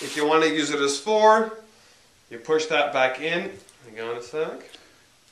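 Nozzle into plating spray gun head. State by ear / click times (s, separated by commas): not seated / none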